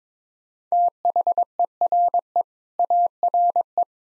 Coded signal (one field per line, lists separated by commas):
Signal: Morse code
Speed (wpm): 22 wpm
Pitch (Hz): 700 Hz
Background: none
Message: THERE ARE